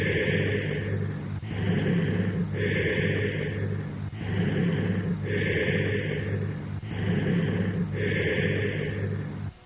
Cavernous type of bronchial breath sounds heard over a cavity. Note the low pitch of the bronchial sounds.